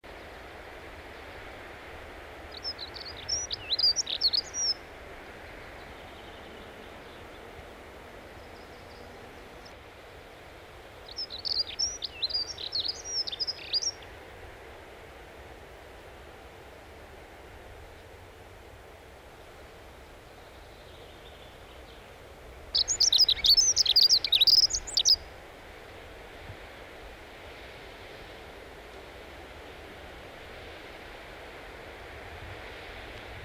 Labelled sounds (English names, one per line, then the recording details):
Dunnock song
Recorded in the wild
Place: Bruchberg, Niedersachsen, DE
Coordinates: 51.79, 10.5
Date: 1986-06-14
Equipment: Sony WM-D6C, Parabolscheibe
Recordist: Skiba, Reinald
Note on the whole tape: Wolfswarte, Nationalpark Harz